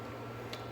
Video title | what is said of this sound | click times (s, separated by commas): Turbine Kit | It just slides, clicks into place. Good to go. | 0.5 s